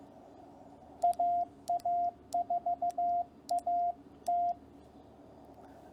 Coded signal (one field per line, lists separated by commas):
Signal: Morse code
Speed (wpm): 15 wpm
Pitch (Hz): 700 Hz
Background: radio noise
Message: AA4AT